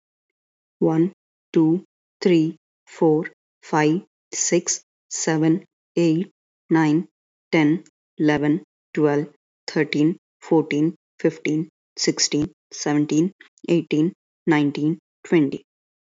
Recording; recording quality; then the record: counting at a normal pace; excellent, no background noise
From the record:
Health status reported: healthy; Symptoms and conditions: none ticked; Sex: female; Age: 25 years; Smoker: not ticked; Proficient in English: no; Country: India